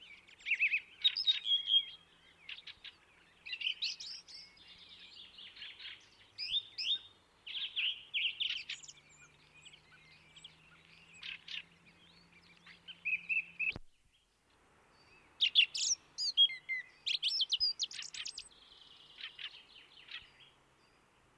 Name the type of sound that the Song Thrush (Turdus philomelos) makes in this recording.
song